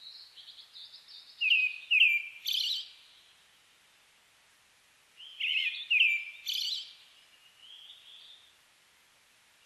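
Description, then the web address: Brown-headed thrush song: soft high twitter, then two loud fluty phrases and a buzzy high trill. The whole pattern repeats about four seconds later. Recorded 29 May 2004. "2004 040529 akahara"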